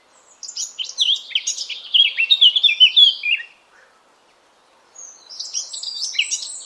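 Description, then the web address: Eurasian blackcap song: a fast, scratchy warble of varied high notes lasting about three seconds, then a pause and a second chattering phrase. "cianscape birddata Deverinetal 2025"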